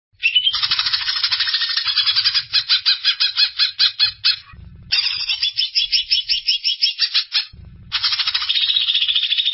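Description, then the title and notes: Greater green leafbird song: long, continuous runs of rapid, rattling and warbled notes, broken by two brief pauses, with a faint low rumble beneath. "Kicau Burung Cucak Ijo. Suara kicauan burung cucak ijo"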